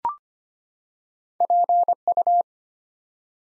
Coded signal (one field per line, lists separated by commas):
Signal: Morse code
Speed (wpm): 25 wpm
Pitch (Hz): 700 Hz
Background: none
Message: PU